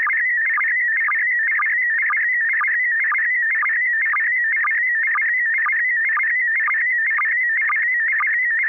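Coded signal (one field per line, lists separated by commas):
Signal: SSTV (slow-scan television)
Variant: PD120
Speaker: Okay, I have a picture. This is going to be PD120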